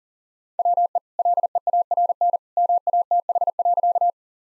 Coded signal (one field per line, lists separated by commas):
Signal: Morse code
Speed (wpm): 40 wpm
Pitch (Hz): 700 Hz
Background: none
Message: WE LEARN MATH.